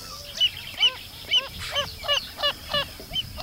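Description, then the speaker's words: Wilson's Phalarope giving a series of short nasal calls, each with stacked harmonics. "Este es el llamado del falaropo de Wilson."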